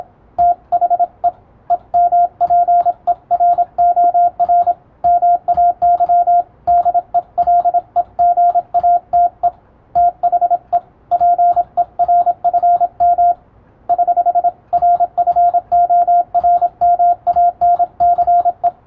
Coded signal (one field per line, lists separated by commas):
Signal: Morse code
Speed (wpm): 27 wpm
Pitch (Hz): 700 Hz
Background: radio noise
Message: THE EMPEROR MAY DELEGATE THE PERFM <HH> RFORMANCE